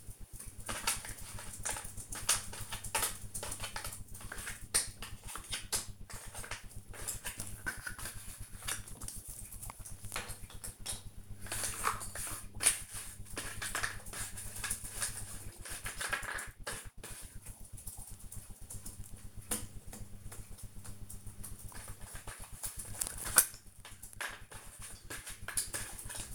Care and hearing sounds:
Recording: household activities, microphone on the right wrist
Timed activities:
0.00-26.35 s: doing a puzzle

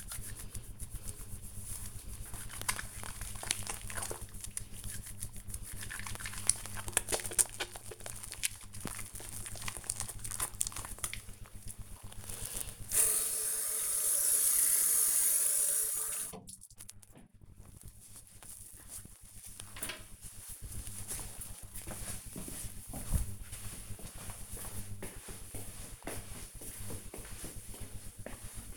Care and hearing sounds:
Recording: household activities, microphone on the right wrist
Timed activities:
0.00-16.93 s: washing hands

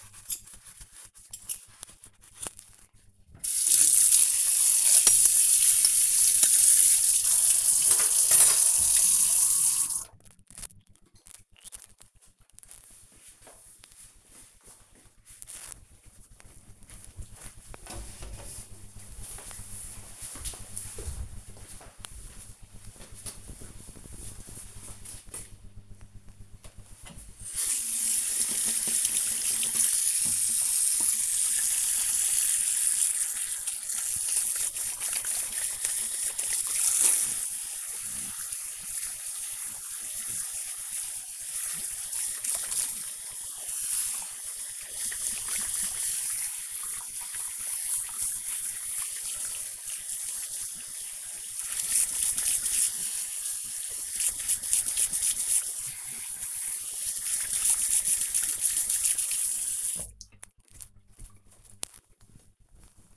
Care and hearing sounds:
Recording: household activities, microphone on the right wrist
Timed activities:
0.00-10.34 s: washing dishes
26.44-60.62 s: washing hands

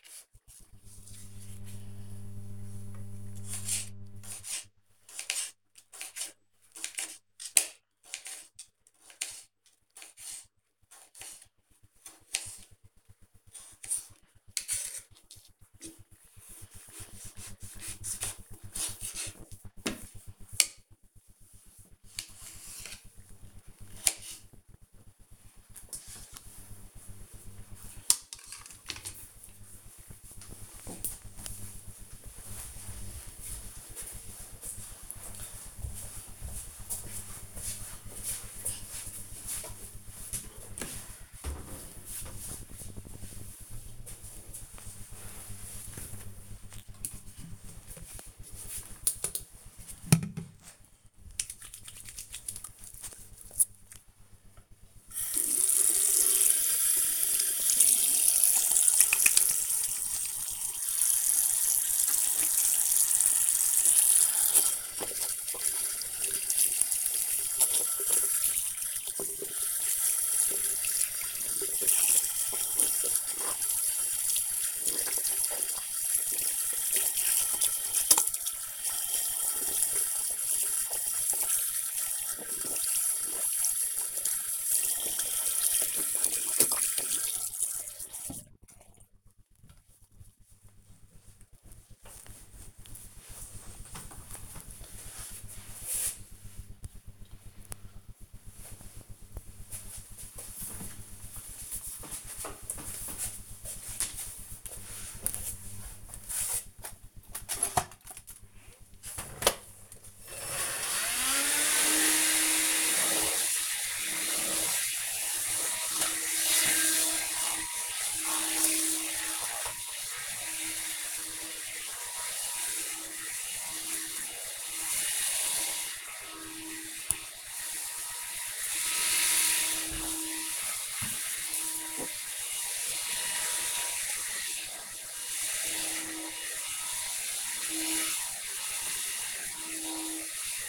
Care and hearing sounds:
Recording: household activities, microphone on the right wrist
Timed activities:
0.00-25.10 s: cutting vegetables
46.23-90.54 s: washing hands
107.63-140.69 s: vacuum cleaning

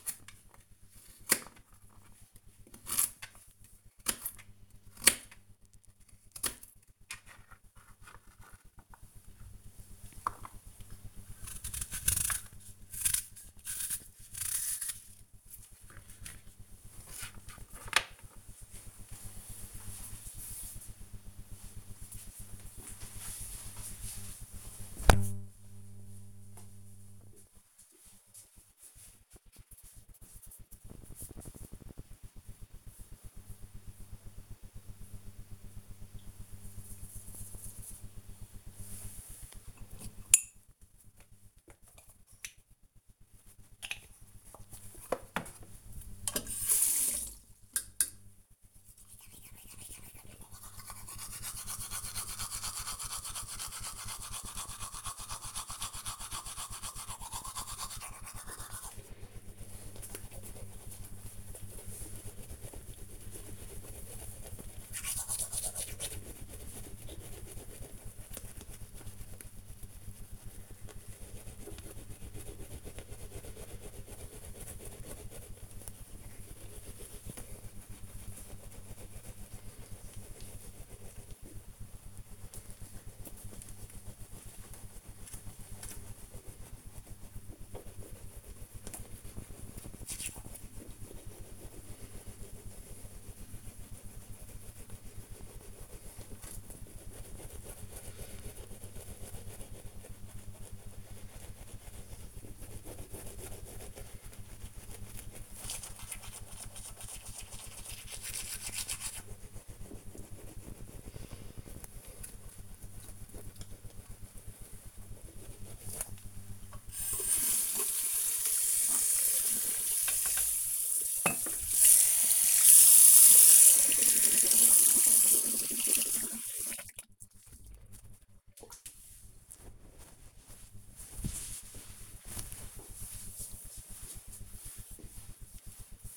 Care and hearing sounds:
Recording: household activities, microphone on the right wrist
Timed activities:
0.00-16.06 s: cutting vegetables
39.16-127.68 s: brushing teeth

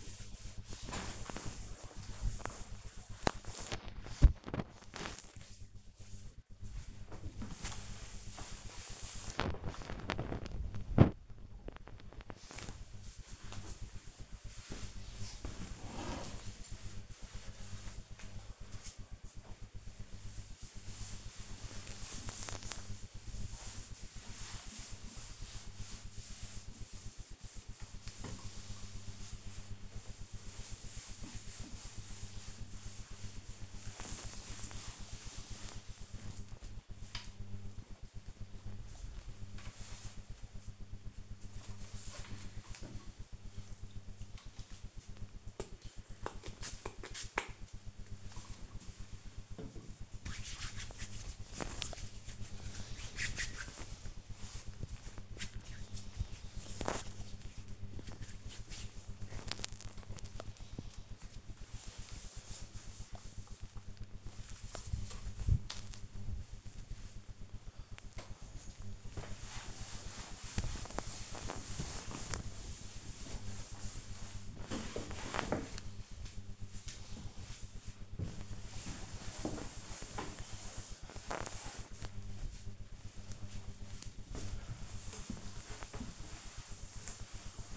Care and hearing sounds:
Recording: household activities, microphone on the right wrist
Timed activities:
0.00-37.41 s: cleaning table
44.44-59.55 s: disinfecting hands
67.60-87.77 s: cleaning table

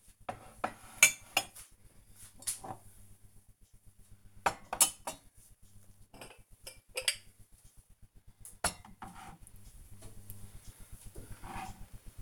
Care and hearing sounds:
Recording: household activities, microphone on the right wrist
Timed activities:
0.00-12.22 s: putting away the dishes

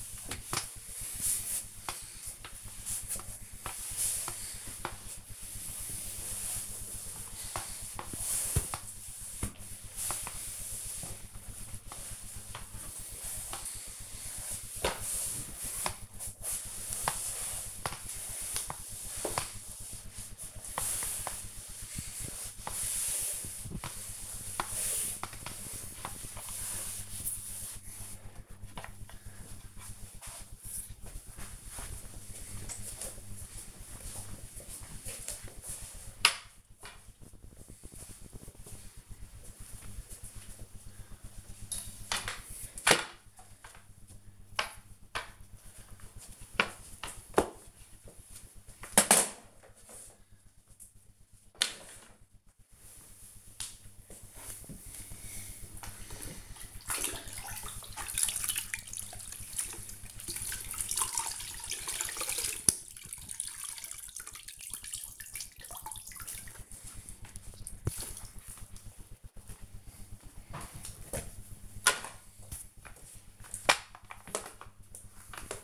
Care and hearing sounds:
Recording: household activities, microphone on the right wrist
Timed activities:
0.00-30.66 s: floor cleaning
40.72-75.64 s: floor cleaning

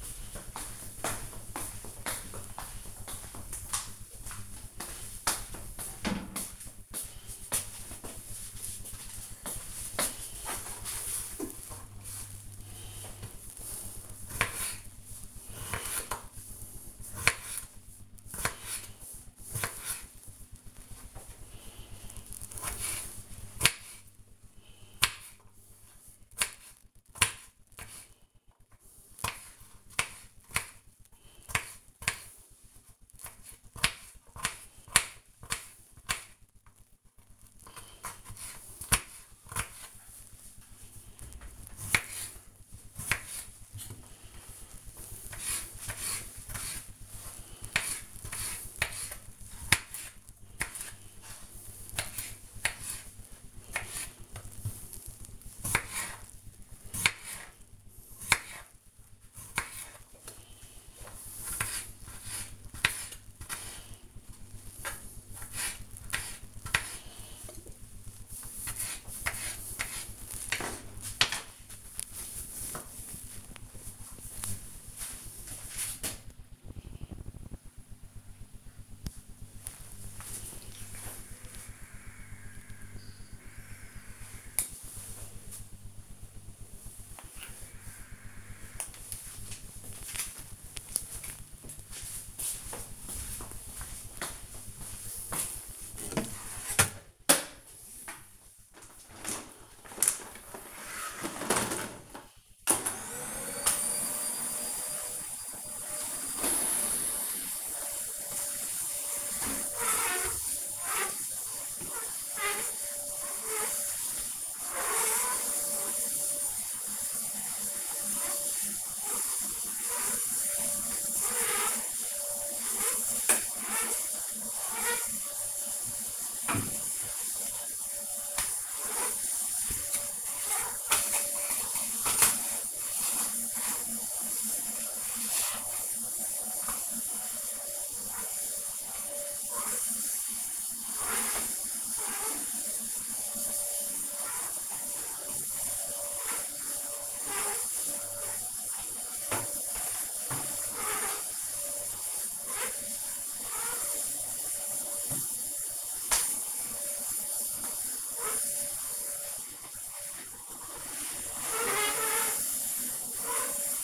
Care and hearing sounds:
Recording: household activities, microphone on the right wrist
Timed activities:
10.59-69.99 s: cutting vegetables
102.21-163.84 s: vacuum cleaning

